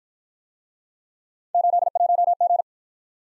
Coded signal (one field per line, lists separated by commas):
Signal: Morse code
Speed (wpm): 52 wpm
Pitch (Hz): 700 Hz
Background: none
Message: 81G